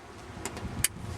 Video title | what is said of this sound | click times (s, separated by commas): Comment installer son BOITIER ADDITIONNEL Powershopland sur 2 0 HDI ? (Peugeot Citroën Ford TDCI) | vous avez entendu ça clipsé | 0.8 s